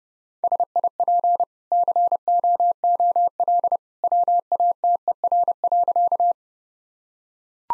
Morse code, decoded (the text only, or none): SIP COOL WATER.